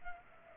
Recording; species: mosquito wingbeat signal from an infrared sensor; Culex pipiens